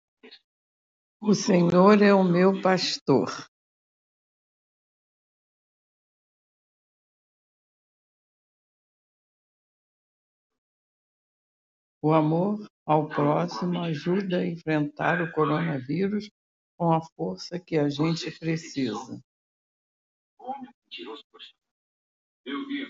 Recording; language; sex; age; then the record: spoken sentence; Brazilian Portuguese; female; 60 to 69 years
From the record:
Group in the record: control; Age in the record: 66 years